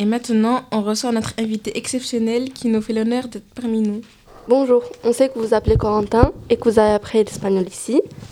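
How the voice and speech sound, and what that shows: A woman speaks French clearly and fluently, introducing a guest in a smooth, lively voice with a clear tone and natural pitch movement. There are short pauses between phrases. This is ordinary, typical speech with no voice or articulation problems.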